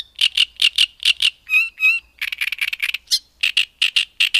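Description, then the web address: Great reed warbler song, harsh repeated croaking notes alternating with squeaky whistled phrases and loud grating bursts, delivered in a rapid, rhythmic chatter. "Madardalok Nádirigó"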